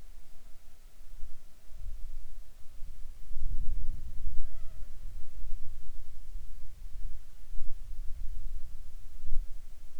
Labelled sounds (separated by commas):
wind, insects